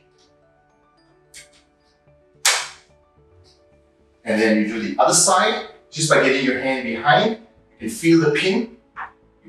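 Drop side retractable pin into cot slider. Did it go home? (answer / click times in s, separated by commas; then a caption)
yes / 2.5 s. The retractable pin on one side of a babyhood cot drop side is pushed into the slider, giving a sharp click at 2.5 s as it seats. Soft handling sounds come before the click, and someone talks afterward.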